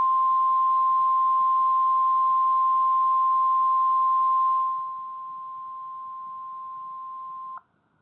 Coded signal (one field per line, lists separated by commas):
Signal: Emergency Alert System (SAME) tones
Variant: 1050 Hz attention tone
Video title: (ARCHIVED) MTR Weekly test (EAS #266)